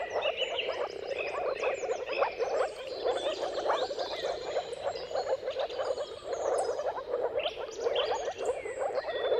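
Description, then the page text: Moor frog mating chorus, a dense mass of soft bubbling, pulsed calls going on without pause, with bird song twittering high above throughout. Chorus of mating calls of moor frogs at sunrise, at the turn of March and April depending on the weather, recorded by Jakub Orzecki. "Jakub-Orzecki moor frogs. Dawn’s Chorus: Mating Calls of Marsh Frogs at Sunrise. Depending on the weather at the turn of March and April, you can witness an amazing spectacle of moor frogs"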